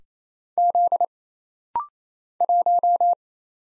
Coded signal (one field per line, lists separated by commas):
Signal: Morse code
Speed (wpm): 27 wpm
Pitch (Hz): 700 Hz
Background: none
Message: Z 1